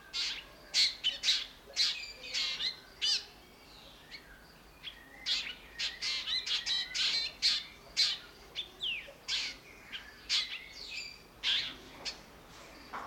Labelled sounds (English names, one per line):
Black Drongo